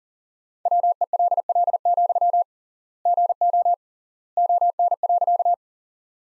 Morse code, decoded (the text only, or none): WELL, GO ON.